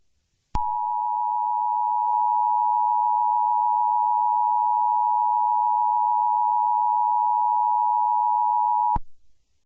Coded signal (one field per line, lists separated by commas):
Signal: Emergency Alert System (SAME) tones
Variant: 853 and 960 Hz attention tone